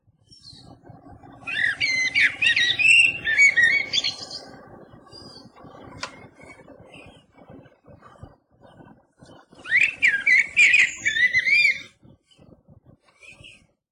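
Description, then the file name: Eurasian blackbird song: two fluted, warbling phrases several seconds apart over a continuous low rumbling hum. "MERLO"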